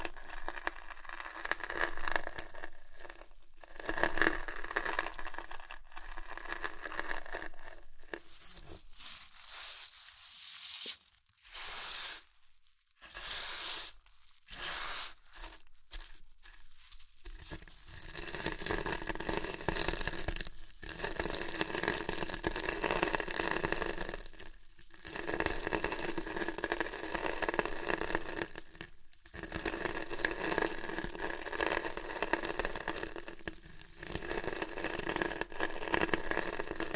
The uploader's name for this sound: Chips Crunchy Crushing & Eating Sounds